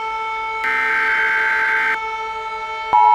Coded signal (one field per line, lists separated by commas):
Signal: Emergency Alert System (SAME) tones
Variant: header bursts